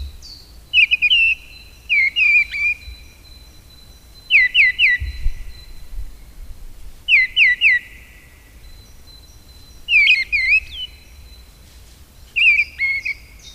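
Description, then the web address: Mistle thrush singing short whistled phrases of three or four falling notes, repeated about every two seconds. A thin high steady tone comes and goes behind them. "agykontroll Madardalok Cd 1. Léprigó"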